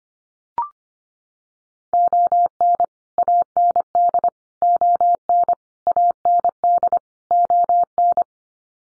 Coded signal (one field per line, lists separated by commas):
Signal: Morse code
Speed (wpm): 25 wpm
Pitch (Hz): 700 Hz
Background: none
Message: ON AND ON AND ON